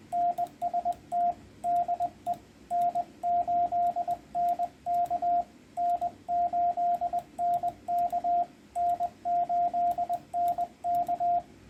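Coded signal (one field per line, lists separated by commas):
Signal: Morse code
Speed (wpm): 21 wpm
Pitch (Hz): 700 Hz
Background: radio noise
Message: NST DE N8NK N8NK N8NK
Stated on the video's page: CW antenna test transmissions reported by Reverse Beacon Network skimmers.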